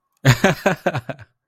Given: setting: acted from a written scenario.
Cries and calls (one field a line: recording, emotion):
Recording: vocal sound without words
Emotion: amusement